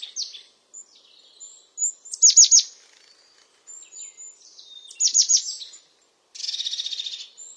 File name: Canto do chapim de crista